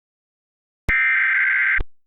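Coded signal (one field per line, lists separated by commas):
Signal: Emergency Alert System (SAME) tones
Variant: header bursts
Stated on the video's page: Mock remake of a tornado warning made with an EASyPLUS screen; not a real broadcast.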